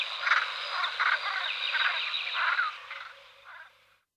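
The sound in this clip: Rook making harsh, rasping chatter in quick uneven bursts, fading out toward the end.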